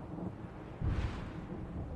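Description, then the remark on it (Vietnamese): Rumbling thunder, a deep, low roll that swells suddenly about midway and keeps grumbling steadily to the end, with no voices present. “Sau tiếng sét ầm ầm là thanh âm thoát tục vọng về từ chốn nào đó xa thăm thẳm.”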